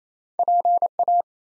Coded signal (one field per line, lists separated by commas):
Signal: Morse code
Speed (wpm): 27 wpm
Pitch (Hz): 700 Hz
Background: none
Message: PA